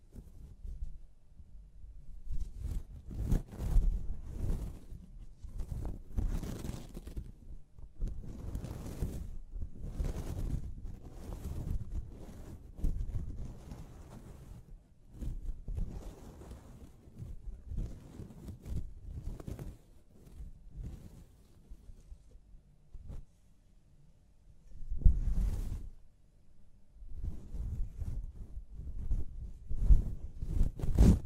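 A scalp massage and hair wash: soft rubbing and scrubbing strokes come in irregular bursts, mostly low and muffled with brief crisp edges. The activity is dense in the first fifteen seconds, thins out with short pauses, then picks up again near the end.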